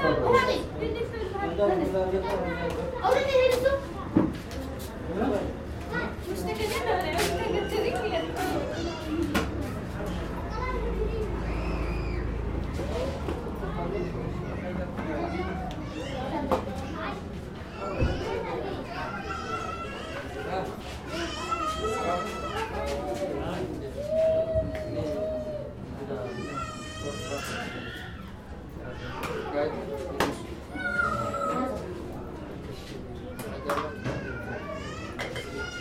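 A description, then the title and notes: Ambience of a cafe in Tigray, Ethiopia, with several voices talking at once in a steady, busy murmur. Children's high voices rise and fall throughout, alongside occasional sharp clinks and knocks. A low rumble swells briefly around the tenth second. Ethiopia - Tigray Cafe Atmosphere. En route from Mekele to Erta Ale volcano we stopped at a roadside cafe. Ambience while our coffee was being prepared.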